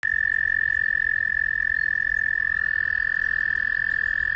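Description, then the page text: American toad singing a continuous, even-pitched trill throughout; partway through, a second slightly lower trill joins and overlaps it. In Maryland. "Maryland Biodiversity. American Toad ( Anaxyrus americanus )"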